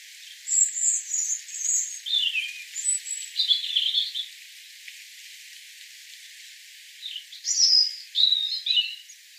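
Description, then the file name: European robin song of high thin whistles and descending slurred notes in two phrases separated by a quiet pause. "Erithacus rubecula"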